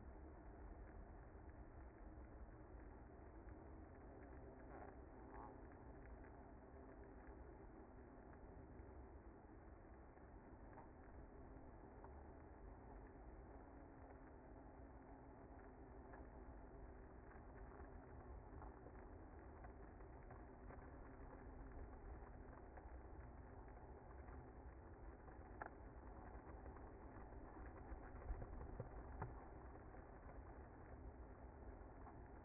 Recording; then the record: honeybee colony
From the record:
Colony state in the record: active